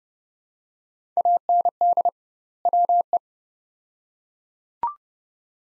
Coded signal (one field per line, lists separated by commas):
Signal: Morse code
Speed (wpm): 30 wpm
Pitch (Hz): 700 Hz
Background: none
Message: AND WE